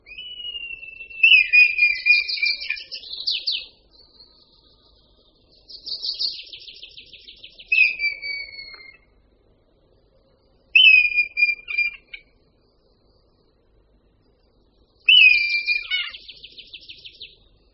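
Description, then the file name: Red kite calling in several bursts of high whistles sliding downward, with rapid, vibrating trills, and short silences between. "Luňák-červený"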